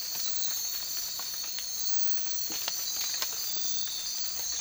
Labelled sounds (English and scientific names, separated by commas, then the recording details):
none
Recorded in dense forest near Puerto Asís, Putumayo, Colombia, on 19 March 2025 at 02:30
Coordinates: 0.503, -76.323
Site GP09